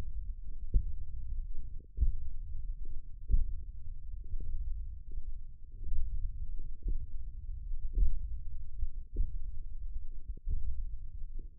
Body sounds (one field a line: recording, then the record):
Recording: forearm muscle sounds (acoustic myography)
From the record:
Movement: index flexion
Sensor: system 1, eight BSWA MPA416 microphones around the upper forearm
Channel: 6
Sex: male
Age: 20 years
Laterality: left